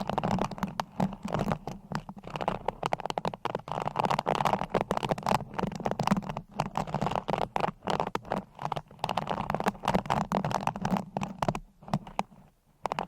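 Nails scratch over mic covers in a dense, continuous rasping that runs almost without pause, with quick irregular strokes and short bursts. A low rumbling texture sits under the scraping throughout, and the sound thins out with brief gaps near the end.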